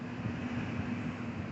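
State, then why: Not seated. A small plastic back keeper (retainer cap) is lined up and pressed into the carburetor body of a Briggs 300E engine on a 20-inch MTD 11A-02BT706 push mower, after its O-ring has been fitted. Only a steady, even rumble with a low hum is heard, with no sudden sounds. The cap has not clicked into place yet.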